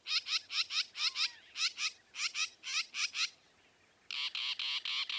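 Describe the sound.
Northern mockingbird: songbird singing over a steady hiss of background noise: paired bright notes repeated quickly, a pause, then loud harsh buzzy notes.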